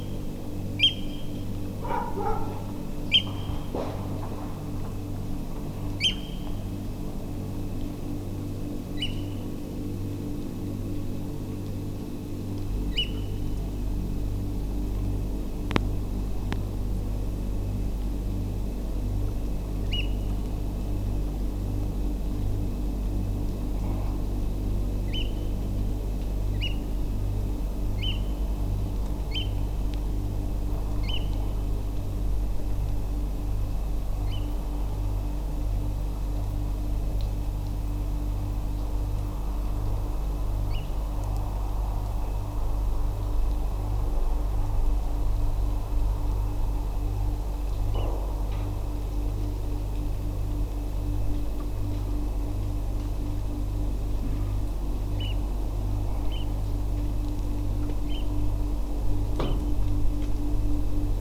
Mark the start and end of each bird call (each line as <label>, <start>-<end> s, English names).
Eurasian Oystercatcher, 0.79-0.90 s
Eurasian Oystercatcher, 3.12-3.21 s
Eurasian Oystercatcher, 6.00-6.11 s
Eurasian Oystercatcher, 8.97-9.08 s
Eurasian Oystercatcher, 12.91-13.05 s
Eurasian Oystercatcher, 19.91-20.02 s
Eurasian Oystercatcher, 25.08-25.24 s
Eurasian Oystercatcher, 26.54-26.69 s
Eurasian Oystercatcher, 27.98-28.13 s
Eurasian Oystercatcher, 29.31-29.43 s
Eurasian Oystercatcher, 31.03-31.19 s
Eurasian Oystercatcher, 34.27-34.39 s
Eurasian Oystercatcher, 40.70-40.80 s
Eurasian Oystercatcher, 47.90-48.05 s
Eurasian Oystercatcher, 55.18-55.33 s
Eurasian Oystercatcher, 56.27-56.44 s
Eurasian Oystercatcher, 58.05-58.23 s
Eurasian Oystercatcher, 59.39-59.54 s